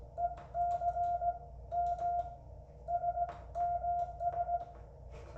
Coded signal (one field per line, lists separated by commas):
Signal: Morse code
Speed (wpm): 18 wpm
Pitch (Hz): 700 Hz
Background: none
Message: EC M SMS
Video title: American Morse Porta Paddle Assembly